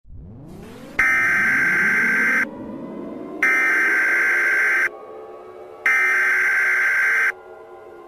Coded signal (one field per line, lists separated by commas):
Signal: Emergency Alert System (SAME) tones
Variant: header bursts